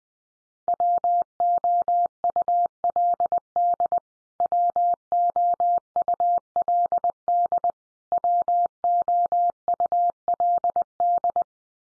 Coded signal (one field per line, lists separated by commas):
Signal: Morse code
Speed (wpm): 20 wpm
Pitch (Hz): 700 Hz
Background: none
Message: WOULD WOULD WOULD